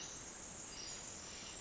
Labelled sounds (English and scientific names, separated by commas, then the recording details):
Pacific Wren (Troglodytes pacificus)
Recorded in Sonoma County, California